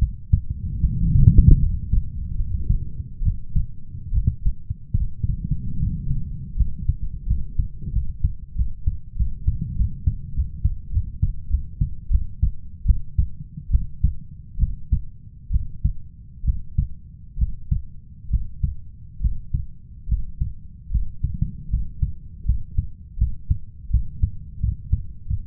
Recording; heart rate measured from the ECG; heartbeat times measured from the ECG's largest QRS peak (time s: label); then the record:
heart sounds by stethoscope; 78 bpm
0.80 s: heartbeat
1.58 s: heartbeat
2.35 s: heartbeat
3.22 s: heartbeat
4.12 s: heartbeat
4.96 s: heartbeat
5.78 s: heartbeat
6.56 s: heartbeat
7.27 s: heartbeat
7.92 s: heartbeat
8.55 s: heartbeat
9.16 s: heartbeat
9.76 s: heartbeat
10.33 s: heartbeat
10.91 s: heartbeat
11.49 s: heartbeat
12.10 s: heartbeat
12.85 s: heartbeat
13.70 s: heartbeat
14.58 s: heartbeat
15.51 s: heartbeat
16.44 s: heartbeat
17.38 s: heartbeat
18.30 s: heartbeat
19.20 s: heartbeat
20.08 s: heartbeat
20.90 s: heartbeat
21.69 s: heartbeat
22.45 s: heartbeat
23.17 s: heartbeat
23.90 s: heartbeat
24.60 s: heartbeat
25.27 s: heartbeat
From the record:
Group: healthy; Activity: cold pressor test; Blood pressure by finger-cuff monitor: 113/75 mmHg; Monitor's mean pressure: 84 mmHg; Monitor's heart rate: 76 bpm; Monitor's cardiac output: 5.6 L/min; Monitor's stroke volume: 75 mL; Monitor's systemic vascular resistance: 1130 dyn s/cm5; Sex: male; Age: 21 years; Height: 170 cm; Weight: 71 kg